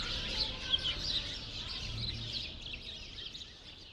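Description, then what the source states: Sparrows chirping in a thinner chatter, with a few sharp chirps early on before the calling fades quieter. Sparrows in a grove at Rue Saint-Jean Népomucène 13, Brussels, Belgium, recorded with Earsight V2 AB microphones into a Mixpre-3.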